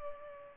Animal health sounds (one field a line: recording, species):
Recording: mosquito wingbeat signal from an infrared sensor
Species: Culex pipiens